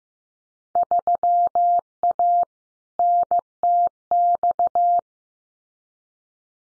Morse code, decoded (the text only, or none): 3A NTX